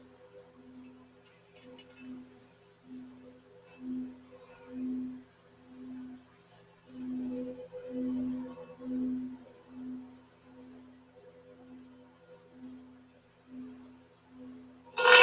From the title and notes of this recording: Sounds of Singing Bowls.